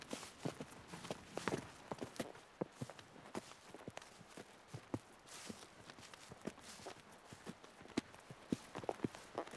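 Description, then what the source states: Horse hooves clopping in an uneven walking pattern over a soft background hiss. Horse being ridden.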